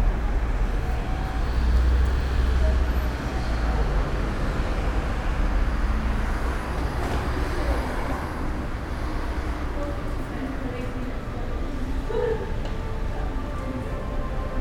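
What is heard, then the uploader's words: Riley Square carries a steady wash of traffic noise, dense and low, with a continuous deep hum beneath it. Indistinct voices murmur through the mix, and a brief short tone pokes out around the twelve-second mark. Bell Green, How Places Feel: Soundscape. Listen to Riley Square, recorded by audio consultant Gavin Griffiths as part of our Bell Green Library project: The Time of Our Lives.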